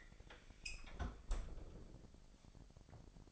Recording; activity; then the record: daily activity, microphone in the room; close fridge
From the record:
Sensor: 5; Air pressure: 1002.0 hPa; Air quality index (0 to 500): 215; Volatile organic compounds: 24 ppm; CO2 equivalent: 2800 ppm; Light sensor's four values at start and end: 10/24/10/11 and 9/22/9/10